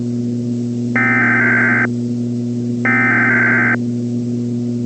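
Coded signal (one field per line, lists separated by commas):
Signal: Emergency Alert System (SAME) tones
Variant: header bursts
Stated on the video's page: Fictional EAS scenario with valid tones.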